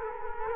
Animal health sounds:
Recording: mosquito wingbeat signal from an infrared sensor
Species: Culex quinquefasciatus

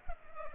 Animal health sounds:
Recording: mosquito wingbeat signal from an infrared sensor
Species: Culex pipiens

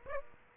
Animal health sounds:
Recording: mosquito wingbeat signal from an infrared sensor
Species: Aedes aegypti

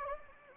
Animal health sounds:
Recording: mosquito wingbeat signal from an infrared sensor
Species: Anopheles gambiae

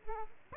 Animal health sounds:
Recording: mosquito wingbeat signal from an infrared sensor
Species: Aedes aegypti

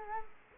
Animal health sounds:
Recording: mosquito wingbeat signal from an infrared sensor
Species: Culex quinquefasciatus

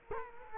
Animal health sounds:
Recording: mosquito wingbeat signal from an infrared sensor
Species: Culex quinquefasciatus

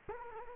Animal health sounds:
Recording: mosquito wingbeat signal from an infrared sensor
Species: Culex quinquefasciatus

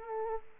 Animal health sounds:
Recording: mosquito wingbeat signal from an infrared sensor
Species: Aedes aegypti

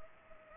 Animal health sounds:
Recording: mosquito wingbeat signal from an infrared sensor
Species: Culex pipiens

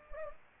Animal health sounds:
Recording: mosquito wingbeat signal from an infrared sensor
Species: Anopheles gambiae

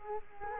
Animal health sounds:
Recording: mosquito wingbeat signal from an infrared sensor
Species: Culex quinquefasciatus

